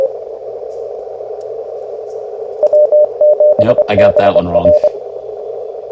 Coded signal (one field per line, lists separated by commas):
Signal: Morse code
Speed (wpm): 25 wpm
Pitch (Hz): 600 Hz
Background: speech, radio noise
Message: W7BR